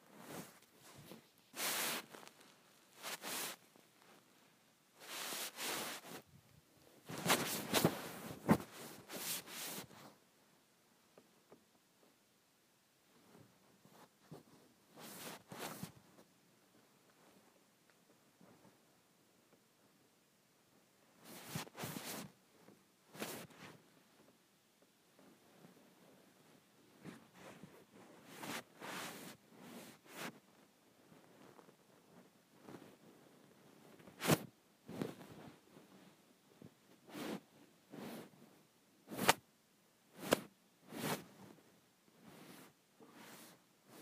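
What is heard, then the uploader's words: A phone is rubbed against a blanket in scratchy bursts of soft rustling and swishing, with a dense flurry of strokes around 5 to 10 seconds. Later the rubbing comes in shorter, sharper swipes separated by near silence. Rubbing my Phone on my Blanket.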